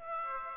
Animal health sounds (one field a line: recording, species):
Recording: mosquito wingbeat signal from an infrared sensor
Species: Aedes aegypti